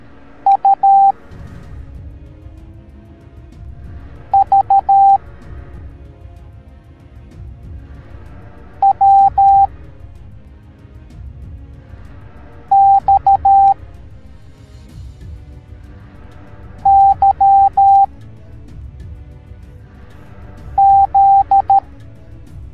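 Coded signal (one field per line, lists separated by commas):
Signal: Morse code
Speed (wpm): 13 wpm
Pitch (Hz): 790 Hz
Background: music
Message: U V W X Y Z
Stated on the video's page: Morse code alphabet lesson for kids.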